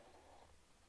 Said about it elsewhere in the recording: That was my stomach. I just drank coffee and it just like made so much noise.